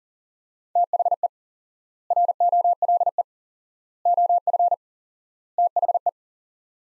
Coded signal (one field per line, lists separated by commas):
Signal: Morse code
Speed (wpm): 38 wpm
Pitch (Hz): 700 Hz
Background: none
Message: THE ROLE OF THE